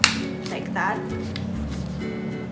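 A child's P47 foldable wireless headphones are unfolded, and the plastic fold hinge of the headband is pushed open until it snaps into its locked position with a sharp click at 0.0 s. Music plays in the background while someone talks, and the hinge stays locked.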